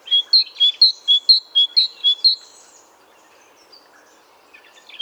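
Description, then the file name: Great tit song: about five evenly paced two-note phrases, then near quiet with a faint note at the very end. "Parus major"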